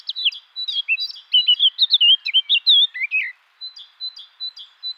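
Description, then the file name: Eurasian blackcap song: rich, tumbling fluty warble of varied whistled notes, trailing off into a series of soft, evenly repeated high notes. "Sylvia atricapilla"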